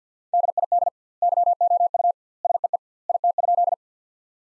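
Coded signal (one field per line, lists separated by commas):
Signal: Morse code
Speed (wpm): 48 wpm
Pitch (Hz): 700 Hz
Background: none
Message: DID YOU SEE IT?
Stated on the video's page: Morse practice sentences built from the top 100 words at 50 wpm with double word spacing, a Farnsworth-like method.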